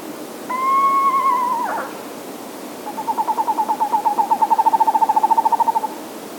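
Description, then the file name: Eastern Screech Owl: a short level whistle ending in a quick drop, then a steady monotone trill of rapid pulses lasting about three seconds. "Eastern Screech Owl - Megascops asio"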